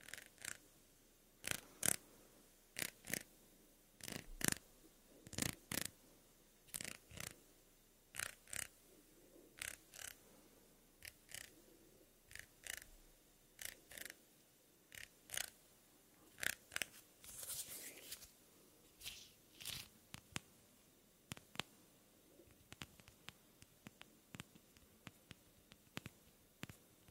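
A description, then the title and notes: Soft hand sounds and skin movements, up-close: crisp little taps and snaps come irregularly about once a second, sometimes in quick pairs or clusters. Around seventeen seconds a brief airy rush rises, likely a breath or a rub. Between the taps, a faint low hum holds steady. ASMR Soft Hand Sounds & Movements Skin Sounds Up-Close Breathing.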